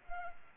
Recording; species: mosquito wingbeat signal from an infrared sensor; Culex pipiens